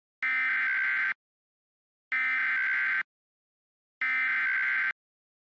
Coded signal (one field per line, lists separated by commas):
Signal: Emergency Alert System (SAME) tones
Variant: header bursts